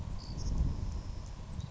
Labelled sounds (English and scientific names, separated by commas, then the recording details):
Savannah Sparrow (Passerculus sandwichensis)
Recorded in Sonoma County, California